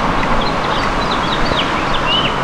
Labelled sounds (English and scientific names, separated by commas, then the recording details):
House Finch (Haemorhous mexicanus) song
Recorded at Amityville on Long Island, New York, on 12 June 2013
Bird B